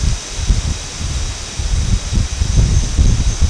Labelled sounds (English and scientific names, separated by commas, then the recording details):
none
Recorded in secondary vegetation near Puerto Asís, Putumayo, Colombia, on 24 March 2025 at 18:00
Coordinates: 0.485, -76.322
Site G040